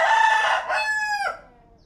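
Chicken: rooster crowing, a loud harmonic cock-a-doodle-doo held steady then dropping sharply in pitch at the end before fading out.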